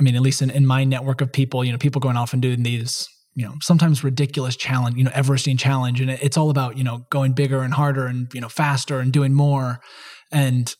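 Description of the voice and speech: A man talks fluently and casually about endurance cycling challenges, with frequent "you know" fillers; ordinary adult speech.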